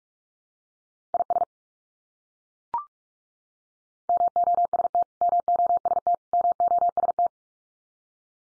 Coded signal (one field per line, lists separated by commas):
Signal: Morse code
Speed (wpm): 44 wpm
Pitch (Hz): 700 Hz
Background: none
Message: IS MOST MOST MOST